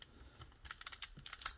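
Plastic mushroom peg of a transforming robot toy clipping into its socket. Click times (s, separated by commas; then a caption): 1.5 s. Plastic mushroom pegs on a Transformers Studio Series Scourge toy are lined up and pressed into their sockets, making a series of short, light plastic ticks from about 0.7 s. The loudest, sharpest click at 1.5 s is the peg clipping in and seating.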